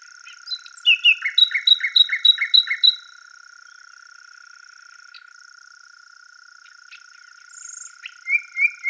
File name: Luscinia megarhynchos